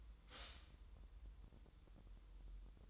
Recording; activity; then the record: daily activity, microphone in the room; stop toaster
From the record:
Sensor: 3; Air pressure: 988.5 hPa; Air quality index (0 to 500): 193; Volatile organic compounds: 285 ppm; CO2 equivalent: 4446 ppm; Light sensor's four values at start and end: 23/73/30/26 and 23/73/30/26